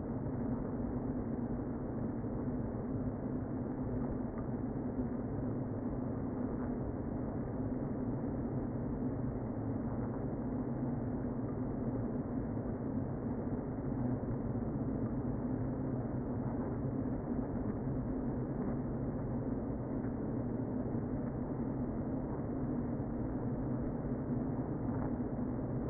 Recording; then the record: honeybee colony, microphone inside the hive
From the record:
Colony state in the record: queen present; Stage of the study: before two queens were removed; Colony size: about 60,000 bees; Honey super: yes